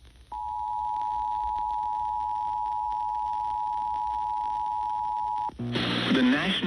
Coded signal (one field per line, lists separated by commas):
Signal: Emergency Alert System (SAME) tones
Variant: 853 and 960 Hz attention tone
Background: speech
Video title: SVR on WCJZ (EAS #69)